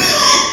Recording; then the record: squeal of a Yucatan mini pig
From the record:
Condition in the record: before surgery on the right vocal fold (resection and tissue-engineered implant); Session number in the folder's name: 2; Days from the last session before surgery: 0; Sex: male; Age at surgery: 12 weeks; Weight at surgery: 13 kg